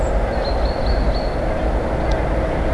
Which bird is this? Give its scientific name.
Fringilla coelebs